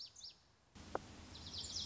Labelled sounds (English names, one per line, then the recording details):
Lazuli Bunting
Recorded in Sonoma County, California